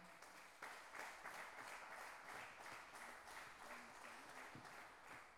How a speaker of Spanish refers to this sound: Así que un aplauso grande para el tío Julián.